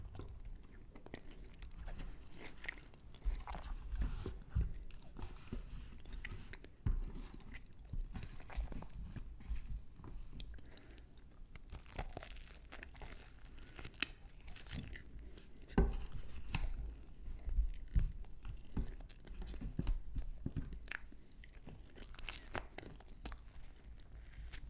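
Someone eats curry with naan and poppadums, with frequent crisp crunches, tearing and soft chewing throughout.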